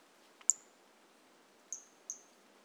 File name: Brachycephalus mirissimus 18 jan 2018 individual 03 two initial notes missing